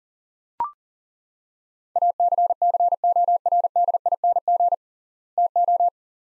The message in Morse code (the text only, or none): ACCORDING TO